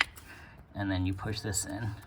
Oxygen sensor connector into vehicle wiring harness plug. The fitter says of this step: And then to lock it, make sure you push it into the click,